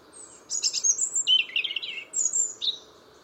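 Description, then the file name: European robin pouring out a tumbling, high-pitched jumble of notes that drop in pitch midway, followed by a thin sustained strain and a final short phrase. "Erithacus rubecula"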